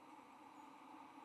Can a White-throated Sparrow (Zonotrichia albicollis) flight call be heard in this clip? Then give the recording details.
no. No flight call is heard. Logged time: 04:09 on 22 November 2014